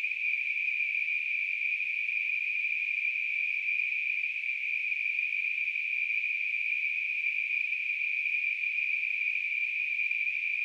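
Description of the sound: A simulated tinnitus sound.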